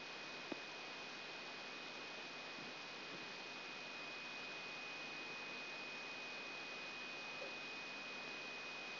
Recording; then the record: brain microelectrode recording played as sound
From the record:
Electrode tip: outside the subthalamic nucleus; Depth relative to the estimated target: -6 mm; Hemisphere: right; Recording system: AlphaMap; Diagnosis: Parkinson's disease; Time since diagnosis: 16 years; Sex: male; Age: 60 years